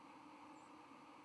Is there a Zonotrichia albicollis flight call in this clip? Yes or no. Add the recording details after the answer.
yes. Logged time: 09:33 on 31 October 2014